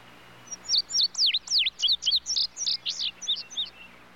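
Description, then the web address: Bird giving a lively run of high chirps, steep swooping notes followed by shorter clipped ones, about four per second for three seconds, over a soft background hiss. Call rendered as 'bird bird'. "bird tudigo tudigo other birds in bg"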